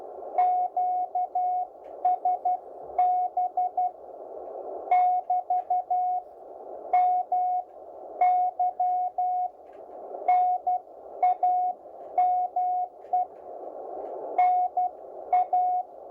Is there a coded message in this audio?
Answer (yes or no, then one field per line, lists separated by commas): yes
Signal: Morse code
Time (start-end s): 0.4-15.8 s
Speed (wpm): 11 wpm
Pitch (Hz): 730 Hz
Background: none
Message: QSB <BT> MY NAME NA